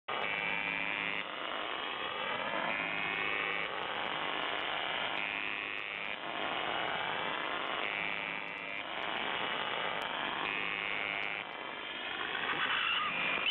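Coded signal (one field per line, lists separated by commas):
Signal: channel marker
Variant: UVB-76 (The Buzzer)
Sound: harsh low repeating buzzes about every second over hissy shortwave static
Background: radio static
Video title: The Buzzer (UVB-76/4625 khz) voice message January 28th.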